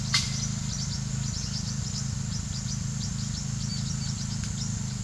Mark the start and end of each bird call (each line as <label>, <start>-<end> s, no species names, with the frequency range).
bird call (2.5-6.8 kHz), 0.00-4.99 s